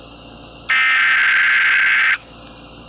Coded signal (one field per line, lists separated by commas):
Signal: Emergency Alert System (SAME) tones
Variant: header bursts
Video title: EAS MOCK (January 30th 1987) EAS Attack Warning (New York, NY)